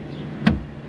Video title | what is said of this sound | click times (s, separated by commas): Headlight replacement on 2014 Silverado | snap it all into place and give it a clockwise turn snapped | 0.5 s